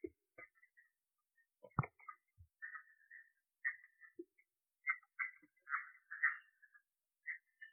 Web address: phyllomedusidae Agalychnis-callidryas